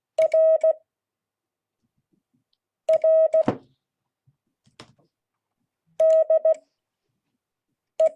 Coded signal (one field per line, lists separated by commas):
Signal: Morse code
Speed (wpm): 16 wpm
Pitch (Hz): 640 Hz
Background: none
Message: R R DE